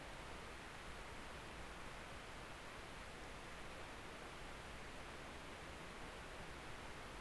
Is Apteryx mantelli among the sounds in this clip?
no